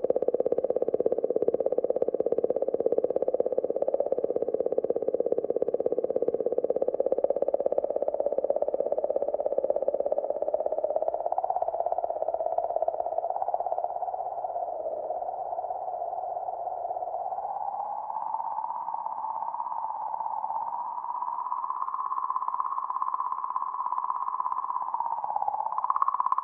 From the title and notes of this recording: The comet seems to be emitting a ‘song’ in the form of oscillations in the magnetic field in the comet’s environment. It is being sung at 40-50 millihertz, far below human hearing. To make the music audible to the human ear, the frequencies have been increased in this recording. A mysterious ‘song’ that Comet 67P/Churyumov-Gerasimenko is singing into space.